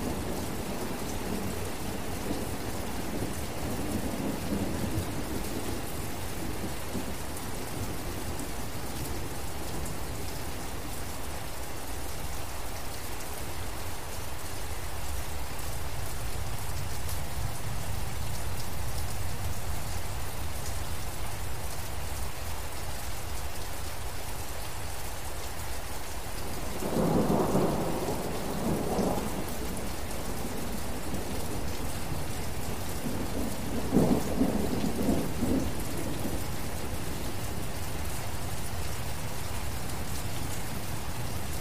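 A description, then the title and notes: Steady rain hisses through the whole stretch, a dense, even patter with a low rumbling undertone that swells and settles, likely thunder. Brief low bursts stand out around 27 and 34 seconds, while the rainfall itself never lets up. Rain & Thunder Sounds In Forest.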